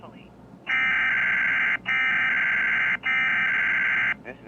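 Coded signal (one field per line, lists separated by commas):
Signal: Emergency Alert System (SAME) tones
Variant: header bursts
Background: speech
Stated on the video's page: EAS alert glitch received on a Victor Reader Trek.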